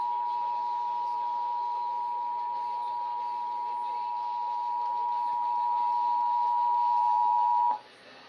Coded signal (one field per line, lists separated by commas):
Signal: Emergency Alert System (SAME) tones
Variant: 853 and 960 Hz attention tone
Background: speech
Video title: Eas Rmt on KTRH 740am and KUHT 8.1 Eas#1395- 1396